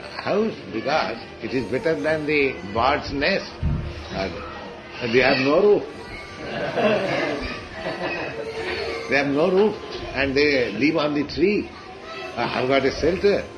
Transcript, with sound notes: house, because it is better than the bird’s nest. They have no roof. (laughter) They have no roof, and they live on the tree. I have got a shelter.